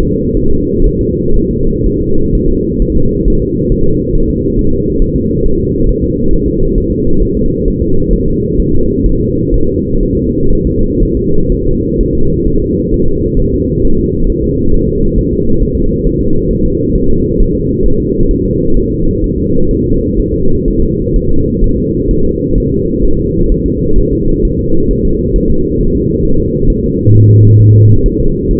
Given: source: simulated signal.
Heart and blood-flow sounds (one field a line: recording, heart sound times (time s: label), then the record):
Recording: fetal heart sounds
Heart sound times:
0.03 s: S2
0.37 s: S1
0.51 s: S2
0.86 s: S1
1.01 s: S2
1.36 s: S1
1.51 s: S2
1.86 s: S1
2.01 s: S2
2.35 s: S1
2.49 s: S2
2.82 s: S1
2.96 s: S2
3.28 s: S1
3.42 s: S2
3.72 s: S1
3.86 s: S2
4.15 s: S1
4.30 s: S2
4.59 s: S1
4.73 s: S2
5.02 s: S1
5.16 s: S2
5.45 s: S1
5.60 s: S2
5.89 s: S1
6.03 s: S2
6.33 s: S1
6.48 s: S2
6.78 s: S1
6.92 s: S2
7.23 s: S1
7.37 s: S2
7.68 s: S1
7.82 s: S2
8.13 s: S1
8.28 s: S2
8.59 s: S1
8.74 s: S2
9.06 s: S1
9.20 s: S2
9.54 s: S1
9.68 s: S2
10.03 s: S1
10.17 s: S2
10.53 s: S1
10.67 s: S2
11.03 s: S1
11.17 s: S2
11.52 s: S1
11.66 s: S2
12.00 s: S1
12.15 s: S2
12.48 s: S1
12.62 s: S2
12.94 s: S1
13.08 s: S2
13.39 s: S1
13.54 s: S2
13.85 s: S1
13.99 s: S2
14.29 s: S1
14.44 s: S2
14.74 s: S1
14.88 s: S2
15.18 s: S1
15.33 s: S2
15.62 s: S1
15.77 s: S2
16.06 s: S1
16.21 s: S2
16.51 s: S1
16.65 s: S2
16.95 s: S1
17.10 s: S2
17.40 s: S1
17.55 s: S2
17.86 s: S1
18.00 s: S2
18.31 s: S1
18.45 s: S2
18.77 s: S1
18.91 s: S2
19.24 s: S1
19.38 s: S2
19.71 s: S1
19.86 s: S2
20.19 s: S1
20.34 s: S2
20.68 s: S1
20.82 s: S2
21.16 s: S1
21.30 s: S2
21.64 s: S1
21.78 s: S2
22.11 s: S1
22.25 s: S2
22.58 s: S1
22.72 s: S2
23.05 s: S1
23.19 s: S2
23.51 s: S1
23.66 s: S2
23.98 s: S1
24.13 s: S2
24.45 s: S1
24.59 s: S2
24.91 s: S1
25.05 s: S2
25.36 s: S1
25.50 s: S2
25.81 s: S1
25.95 s: S2
26.25 s: S1
26.39 s: S2
26.70 s: S1
26.84 s: S2
27.15 s: S1
27.29 s: S2
27.60 s: S1
27.75 s: S2
28.06 s: S1
28.20 s: S2
28.51 s: S1
From the record:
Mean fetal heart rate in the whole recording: 130 bpm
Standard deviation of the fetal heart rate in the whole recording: 4 bpm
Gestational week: 38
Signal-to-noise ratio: -17.7 dB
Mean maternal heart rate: 72 bpm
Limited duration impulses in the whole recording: present